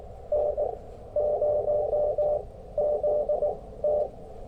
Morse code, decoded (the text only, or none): N0ZT